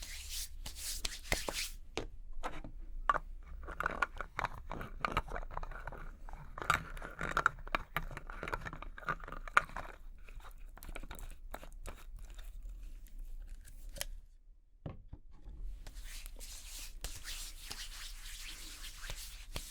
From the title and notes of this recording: Doing Your Makeup ASMR No Talking.